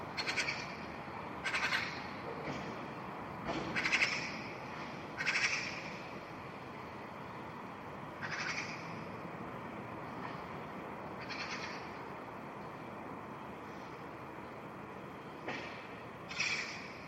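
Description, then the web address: Bird giving harsh, buzzy calls in scattered bursts, some doubled, at irregular intervals over a steady background hiss. "cianscape birddata Deverinetal 2025 File origin Bird Only"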